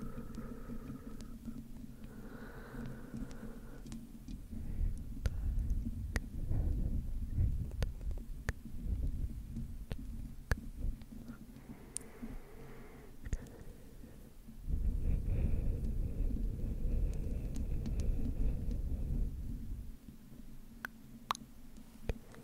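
Slow mic scratching makes a deep rumbling throb that swells around five to eight seconds and again from fifteen to twenty. Sharp, isolated clicks land every second or two over the top, with faint breathy whispering sounds drifting through the quieter gaps.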